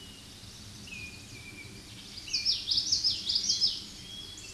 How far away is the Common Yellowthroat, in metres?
about 15 m